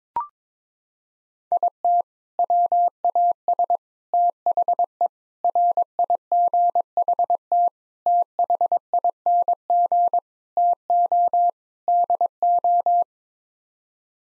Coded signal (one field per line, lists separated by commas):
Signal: Morse code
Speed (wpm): 22 wpm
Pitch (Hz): 700 Hz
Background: none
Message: IT WAS THE RIGHT THING TO DO